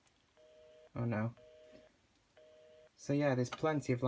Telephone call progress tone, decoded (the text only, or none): busy tone